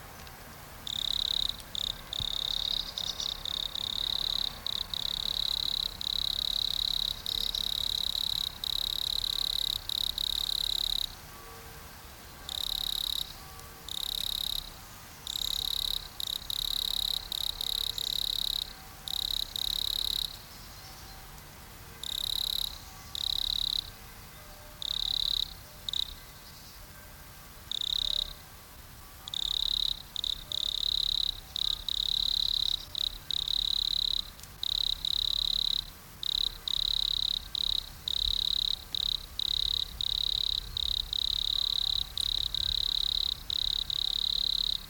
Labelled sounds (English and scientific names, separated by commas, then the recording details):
Wood Cricket (Nemobius sylvestris) stridulation
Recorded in the wild
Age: imago
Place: Treuchtlingen, Naturpark Altmühltal, Bayern, DE
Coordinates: 48.96, 10.91
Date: 1993-09-21 12:00
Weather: 21°C, sonnig
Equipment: Marantz CP 430, Sennheiser MKH 416 T, Kopie Uher Variocord 263
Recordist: Tembrock, Günter